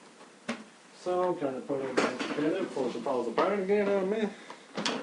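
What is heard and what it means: Someone talks while reassembling a canister shop vacuum, handling the plastic motor head lid over the drum, with a short sharp knock at about 0.5 s. The lid's latches have not snapped shut yet, and nothing has seated.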